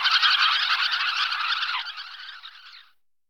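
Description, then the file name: Sanderling chattering, a thick burst of overlapping short, scratchy notes that gradually weakens and trails off into silence after about three seconds. "Jespak pisecny Calidris alba"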